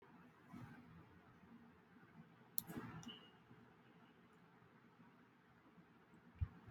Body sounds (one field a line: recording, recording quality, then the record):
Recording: sustained vowel as in made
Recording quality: poor, much background noise or distortion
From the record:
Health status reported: healthy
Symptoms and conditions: none ticked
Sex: male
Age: 26 years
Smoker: not ticked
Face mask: not worn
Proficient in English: yes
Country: India